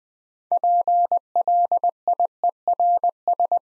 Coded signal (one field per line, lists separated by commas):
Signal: Morse code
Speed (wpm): 21 wpm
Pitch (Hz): 700 Hz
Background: none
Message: PLIERS